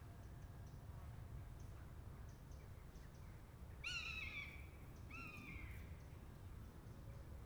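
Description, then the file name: Buzzard giving two descending, plaintive mewing calls about a second apart over a low background rumble. A pair of buzzards. "jl buzzard pair"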